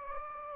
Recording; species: mosquito wingbeat signal from an infrared sensor; Anopheles gambiae